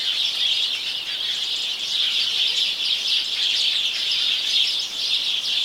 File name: Passer domesticus